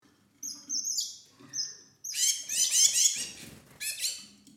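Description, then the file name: Birds calling: thin, high whistled notes, then a dense burst of overlapping bright chirps and twitters. "Voegel"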